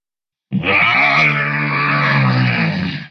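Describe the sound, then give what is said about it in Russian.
A loud, gravelly monster roar voiced by a person as a ghost's roar echoing through an apartment, one sustained low growl lasting about two and a half seconds with a steady, rough tone and no speech. “Его рев снова разнесся по квартире.”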